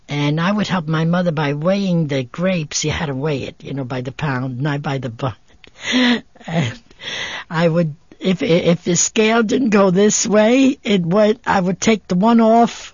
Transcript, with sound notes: And I would help my mother by weighing the grapes. You had to weigh it, you know, by the pound, not by the pound. (she laughs) And I would, if the scale didn't go this way it went, I would take the one off.